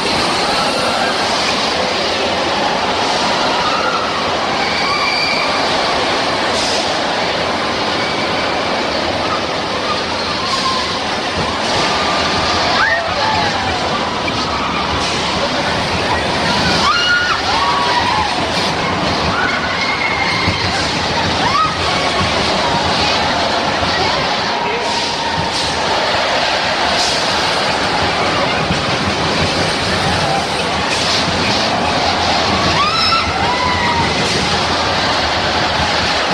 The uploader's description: a trip to Disneyland